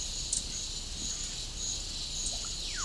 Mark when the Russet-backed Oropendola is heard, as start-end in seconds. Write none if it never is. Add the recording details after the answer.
2.26-2.85. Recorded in pastures near Puerto Asís, Putumayo, Colombia, on 18 December 2024 at 11:00. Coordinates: 0.496, -76.326. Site G004